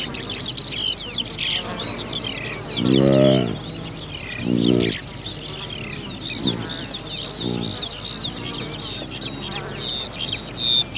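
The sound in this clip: Saiga antelope utters two loud, low nasal bellows close together, then fainter grunts, against steady high twittering.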